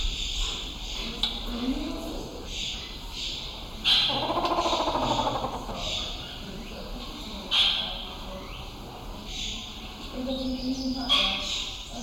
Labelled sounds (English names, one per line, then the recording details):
Grey Peacock-Pheasant
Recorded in captivity
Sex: male
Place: Zoo Berlin, Berlin, DE
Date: 1996-01-06 14:53
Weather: bedeckt, -4°C
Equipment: Sony WM-D6C, Sennheiser ME 80, Kopie Uher 4000 Report Monitor
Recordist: Tembrock, Günter